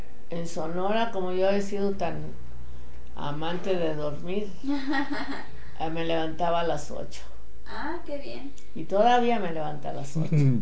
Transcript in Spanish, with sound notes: En Sonora, como yo había sido tan amante de dormir, (risas) me levantaba a las ocho.
¡Ah, qué bien!
Y todavía me levanto a las ocho.